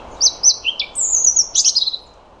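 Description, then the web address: European robin delivers quick, thin, high notes leading into a sustained whistle and a fast, fluttering descending trill. "Deverinetal 2025 File origin Bird Only Er Ru"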